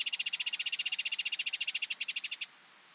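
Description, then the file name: Eurasian wren rattle: a fast, even series of high, harsh notes, stopping abruptly after about two and a half seconds. "Troglodytes troglodytes"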